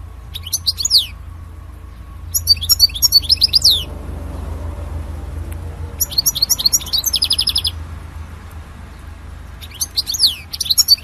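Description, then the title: European goldfinch singing in several bursts of rapid twitters and a buzzy trill, with pauses and a low hum underneath. "Chant Chardonneret"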